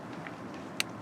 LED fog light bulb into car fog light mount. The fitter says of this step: They're snapped into place.